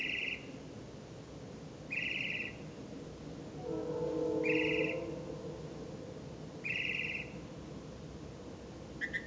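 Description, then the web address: Bird giving buzzy, rasping high calls about every two seconds, with a low droning hum swelling in the middle. "misc bird"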